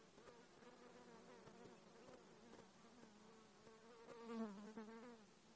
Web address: alaska acoustic highlights INSECTS KATMTACT 20170714. Buzzy